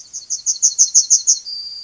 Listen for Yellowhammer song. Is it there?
yes